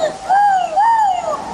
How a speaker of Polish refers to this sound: Ryś.